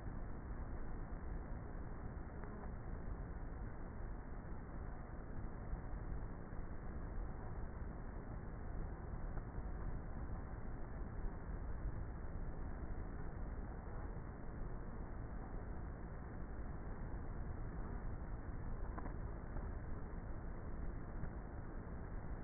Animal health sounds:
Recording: honeybee colony, microphone inside the hive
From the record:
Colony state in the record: queenless with a low population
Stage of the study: before two queens were removed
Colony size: about 30,000 bees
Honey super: no

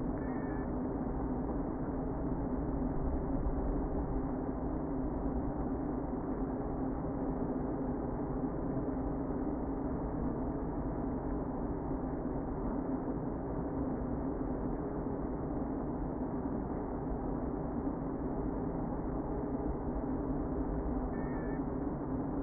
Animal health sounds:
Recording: honeybee colony, microphone inside the hive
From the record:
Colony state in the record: queen present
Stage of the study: before two queens were removed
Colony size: about 60,000 bees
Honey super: yes

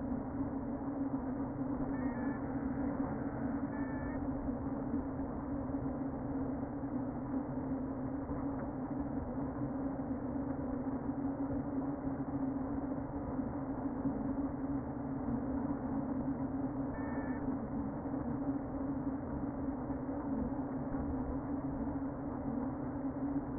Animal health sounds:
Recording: honeybee colony, microphone inside the hive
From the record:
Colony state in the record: queen present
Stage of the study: before two queens were removed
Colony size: about 60,000 bees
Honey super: yes

